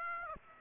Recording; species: mosquito wingbeat signal from an infrared sensor; Aedes aegypti